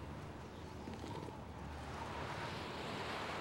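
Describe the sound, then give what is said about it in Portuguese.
Strong wind blows in a steady, broad rushing roar with no voices, swelling slightly louder and fuller in the second half. “Pessoal, temos que tirar esse garoto do vento.”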